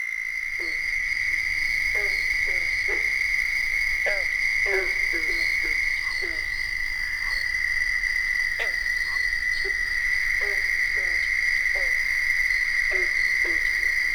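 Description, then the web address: Southern toad trill, a steady high-pitched ringing trill held unbroken throughout, with short lower clicking notes scattered throughout. "frog-calls Southern toad"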